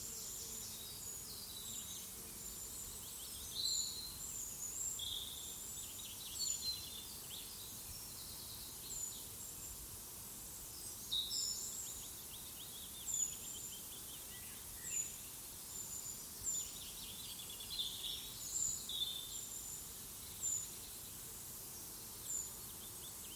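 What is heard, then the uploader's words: Birdsong sounds through woodland, with short high chirps and calls scattered every second or two, some sharper than others. A soft steady hiss of outdoor noise sits beneath, with a faint low rumble of the wider world. Into the woods. Birdsong, a bee or two, and slight background ambient 'world' noise. Recorded using 3D immersive Binaural mircophones. Recorded by Jamie Bell.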